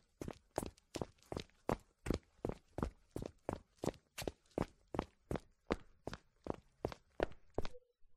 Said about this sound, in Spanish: Me está siguiendo este hombre. Voy a tener que ir muy rápido. Me cambiaré de ruta. Voy corriendo hasta llegar a mi casa.